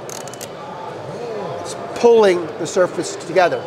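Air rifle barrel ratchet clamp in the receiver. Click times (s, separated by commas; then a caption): 0.1 s, 0.2 s, 0.3 s, 0.4 s. A barrel clamp ratchet in the receiver of an air rifle, with the barrel just put back in, clicks several times as the ratchet lever is pulled, at 0.1, 0.2, 0.3, 0.3 and 0.4 s, clamping the barrel surface together. Someone talks over the clicks and afterward. The ratchet clicks tight and the barrel is seated.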